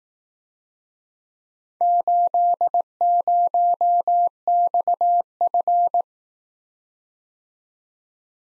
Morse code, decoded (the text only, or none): 80XF